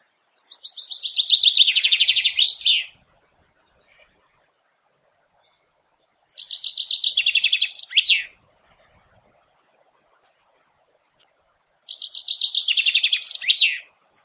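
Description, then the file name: Common chaffinch singing three phrases, each a fast rattling trill that ends in a sharp flourish, with quiet pauses between them. "Fringilla coelebs"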